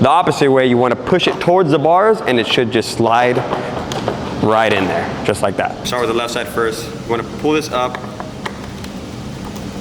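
Someone talks while handling the left-side locking latch on the frame of an SRPNT E-Moto electric motorbike, pulling the part up, with a few brief knocks near the end at about 8.2, 8.5 and 8.8 seconds. Nothing has seated or clicked yet; the latch has not been slammed down and locked.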